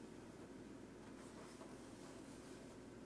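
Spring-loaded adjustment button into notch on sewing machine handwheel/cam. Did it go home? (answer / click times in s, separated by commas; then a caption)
no / none. A spring-loaded adjustment button is held down on a Consew 389RB-2 industrial sewing machine while the metal handwheel is turned to bring a notch around toward the button. Only a steady low mechanical hum and broadband noise are heard, with no distinct click or sudden sound. The button has not yet snapped into the notch, and nothing has seated.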